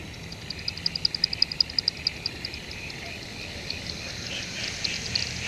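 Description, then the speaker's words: Microbat echolocation heard through a bat detector: a quick train of sharp ticking clicks, fading after about two seconds, then scattered clicks over steady hiss. Several bats heard through a bat detector above a reservoir after dark, possibly hunting insects over the water; Waterworks Reserve, Hobart, Tasmania. "we could just hear a few bats through this bat detector."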